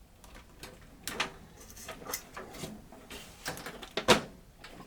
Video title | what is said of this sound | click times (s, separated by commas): BEST $850 GAMING PC (5600X 6700XT) | audible click there now we have two screws | 4.0 s